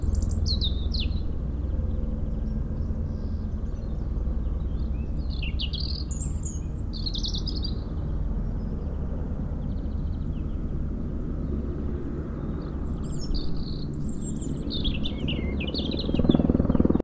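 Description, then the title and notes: European robin delivering scattered high, liquid warbles and sliding whistles throughout, with a continuous low helicopter rumble that swells near the end. Robin singing in a hedge near Lac du Bourget, France, during helicopter lifting for cliff works, echoing off a mountain; Zoom H4n Pro placed vertically on ground. "Près du lac du Bourget, un rouge-gorge chante dans une haie"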